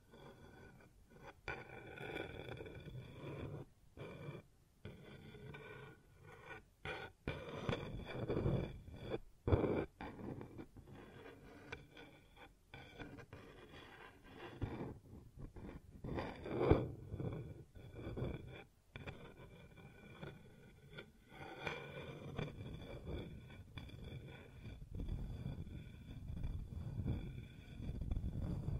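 ASMR sounds on a wooden surface: soft scraping, rubbing and tapping that come in bursts, with brief silent gaps between them, most noticeably early on. The sounds are mostly low and muffled, with a few sharper taps, including one around the middle.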